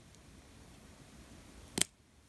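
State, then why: Seated. The small bracket of a thread spool holder is fitted into a small hole on a sewing machine and tipped up until it clicks into place. After a near-silent stretch with a faint tick at 0.1 s, one sharp, bright click sounds at 1.8 s. The bracket is seated.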